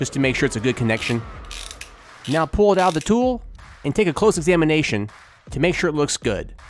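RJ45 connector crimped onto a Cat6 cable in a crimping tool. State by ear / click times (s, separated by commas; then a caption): seated / 1.5 s, 1.7 s, 1.8 s. An RJ45 connector on a Cat6 cable is crimped again in a ratcheting crimping tool to make sure of a good connection. The tool ratchets and snaps closed with clicks at 1.5, 1.7, 1.7 and 1.8 seconds, and the connector is seated. Someone talks before and after the clicks.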